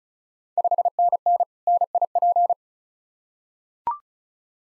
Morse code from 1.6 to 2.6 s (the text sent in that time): NIP